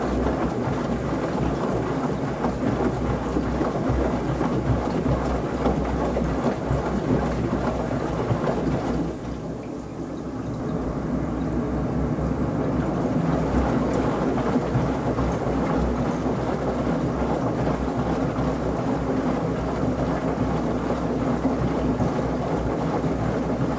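A washing machine turns laundry with a steady rumbling, gurgling churn and a low hum, briefly dipping quieter around nine seconds before resuming.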